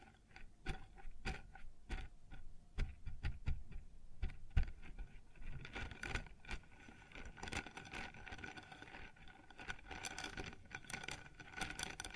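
Sounds on a wooden surface: sharp knocks and taps arrive irregularly through the first five seconds, with a few louder hits near 3 and 4.5 seconds. After about six seconds the sound turns denser, a busy run of scraping, rubbing and clattering contacts that continues to the end.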